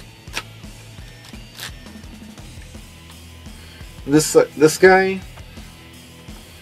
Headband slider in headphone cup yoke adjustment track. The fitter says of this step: of a clicks into place really really nice you could hear it this